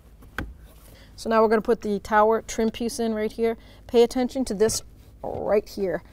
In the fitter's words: first, then push down, and it just clicks right in. So